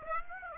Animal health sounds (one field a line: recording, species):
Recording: mosquito wingbeat signal from an infrared sensor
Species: Aedes aegypti